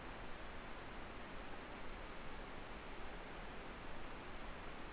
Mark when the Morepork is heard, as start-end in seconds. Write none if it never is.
none